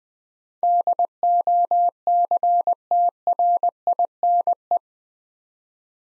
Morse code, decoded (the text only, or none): DOCTRINE